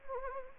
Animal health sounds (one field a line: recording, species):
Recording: mosquito wingbeat signal from an infrared sensor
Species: Anopheles gambiae